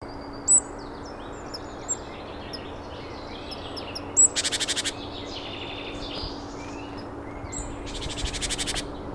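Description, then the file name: Great tit calls, a few sharp high notes and two dry, buzzy churring rattles, over a steady low hum. "Parus major"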